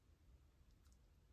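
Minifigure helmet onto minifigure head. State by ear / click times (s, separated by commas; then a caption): not seated / none. Someone presses a flip-up plastic LEGO Iron Man helmet from Marvel set 76296, Avengers Tower, onto a minifigure head. Faint, soft high ticks sound around 0.7 s and 0.9 s over a low, steady rumble. The helmet has not snapped on yet, and nothing has seated or clicked.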